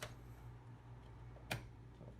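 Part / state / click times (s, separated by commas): graphics card into motherboard PCIe slot / seated / 1.5 s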